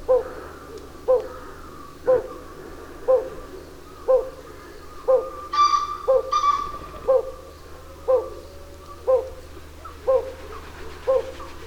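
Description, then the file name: Pallid scops owl repeating a short low hoot roughly every second in a steady series, with a burst of harsh calls from another bird partway through. Recorded at Takhirkol on 13 April 2011. "110413 pallscoowl takhirkol"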